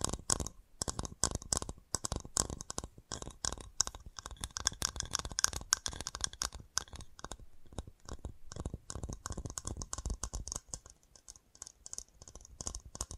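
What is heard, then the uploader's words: Fast tapping runs through the whole stretch, a dense, uneven stream of sharp clicky strikes that sound much like typing on a keyboard. The taps come several per second with brief gaps, some landing harder and brighter than others, over a faint rattling underneath. FAST TAPPING (No Talking).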